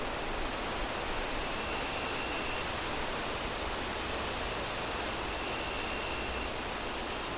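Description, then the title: Crickets chirp in even, quick high pulses with a steady faint tone above them, while wind roars throughout. Crickets chirping at night amid strong wind gusts through trees. "Relaxing Crickets Sounds On A Windy Night"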